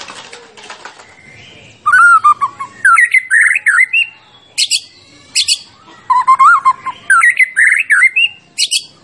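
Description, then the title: White-rumped shama song: mellow warbled whistles mixed with sharp high clicks and buzzy notes, in two similar phrases after a soft start. Champion white-rumped shama; recording used for training songbirds (masteran). "Masteran Murai Batu Juara"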